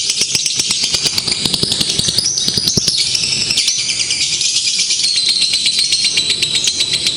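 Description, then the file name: Lovebird chattering song, a dense run of rapid high squeaky notes and shrill whistles, with fast repeated ticking pulses throughout. Simulated lovebird singing competition. "audio-simulasi-lomba-lovebird 4-omkicau"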